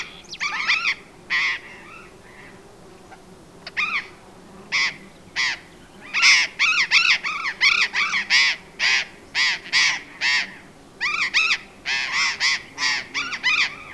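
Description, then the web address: Burrowing parrot flock calls: many loud, rasping squawks delivered in bursts and irregular runs. "parrots cyanoliseus-patagonus"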